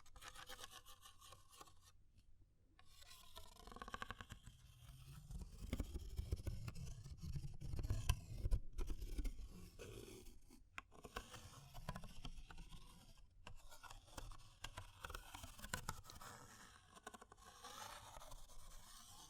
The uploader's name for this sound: Fire Crackling, Tapping, Scratching